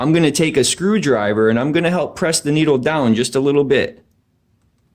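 Someone talks for about four seconds while holding a screwdriver ready to press the metal jet needle of a CVK carburetor for 139QMB and GY6 scooters down into the retaining clip in its slide. Quiet follows. Nothing has seated or clicked yet.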